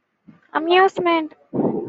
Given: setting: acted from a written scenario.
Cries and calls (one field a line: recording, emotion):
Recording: vocal sound without words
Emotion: amusement